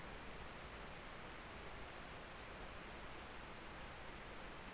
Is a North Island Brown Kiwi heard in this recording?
no